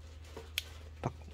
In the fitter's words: 주시면 탁 소리가 나면서 완전히 고정이 됩니다